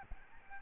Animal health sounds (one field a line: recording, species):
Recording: mosquito wingbeat signal from an infrared sensor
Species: Aedes albopictus